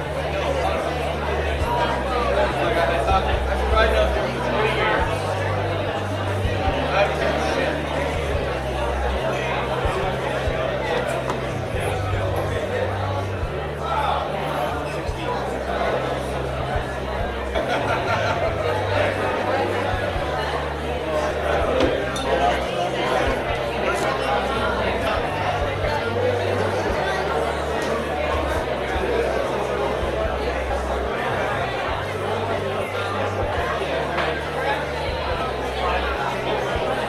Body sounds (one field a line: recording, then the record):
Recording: background sound without coughing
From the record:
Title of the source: CITY SOUNDS Busy Bar in the Evening Night - 2 HOURS of Ambiance for Relaxation